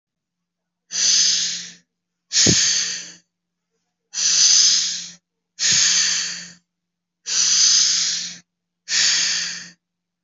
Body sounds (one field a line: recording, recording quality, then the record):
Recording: deep breathing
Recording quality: excellent, no background noise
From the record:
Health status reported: healthy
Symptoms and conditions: none ticked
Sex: male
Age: 22 years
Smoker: not ticked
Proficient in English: yes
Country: India